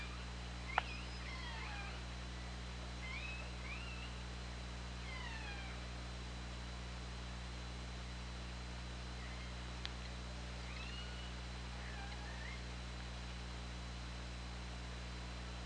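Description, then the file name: Killer whale calls: several short rising and wavering squeals in the first seven seconds, more near ten and twelve seconds, over a steady low hum and hiss. OrcaLab recording, 24 August 2017, 20:13. "Orca Lab UTLN JASON 20170824 201326"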